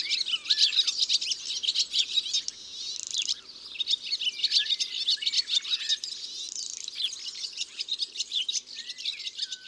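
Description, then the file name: European serin song: continuous high, crackling, tinkling trills in phrases of a few seconds, broken by short pauses and odd lower whistles. "Serin cini ABC des chants doiseaux"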